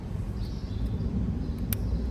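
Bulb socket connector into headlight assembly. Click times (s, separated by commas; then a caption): 1.7 s. A bulb socket connector with plus and minus teeth is pushed into the headlight assembly of a 2014 Mazda CX-5 over low rumbling background noise. It clicks in sharply at 1.7 seconds, and the connector is seated.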